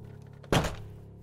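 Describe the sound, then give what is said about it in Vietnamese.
One heavy, loud bang from outside on a wooden house door fitted with glass, struck hard as if to break the hinges, lands suddenly after a low steady hum, then fades quickly, with no voices. “Bên ngoài chợt vang lên tiếng đập cửa uỳnh uỳnh, lực đập mạnh như muốn lông cả bản lề.”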